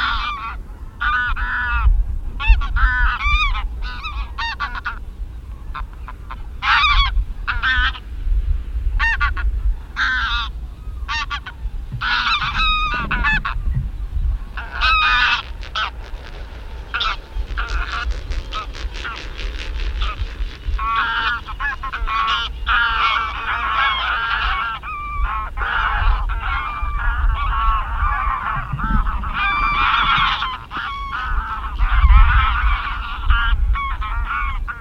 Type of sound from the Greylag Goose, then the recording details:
call. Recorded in the wild. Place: Ummanz, Insel Rügen, Mecklenburg-Vorpommern, DE. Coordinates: 54.481, 13.211. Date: 1975-09-21 05:30. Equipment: Nagra III BH, Sennheiser MD 21, parabola. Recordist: Schubert, Michael